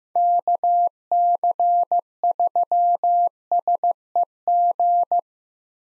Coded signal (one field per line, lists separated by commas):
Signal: Morse code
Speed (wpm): 15 wpm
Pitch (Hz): 700 Hz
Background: none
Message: KC3SEG